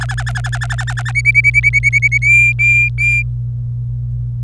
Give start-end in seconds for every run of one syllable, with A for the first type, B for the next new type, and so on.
0.00-1.11 A, 1.15-2.18 B, 2.22-3.22 C